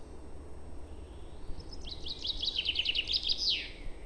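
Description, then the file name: Common chaffinch song: a quick series of sweet notes finishing with an emphatic downward flourish, over faint background hiss. "Fringilla coelebs"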